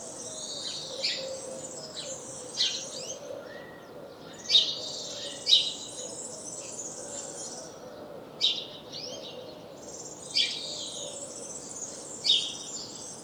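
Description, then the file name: House sparrow chirps, bright clustered notes in irregular bursts over a steady low background hiss. "Passer domesticus"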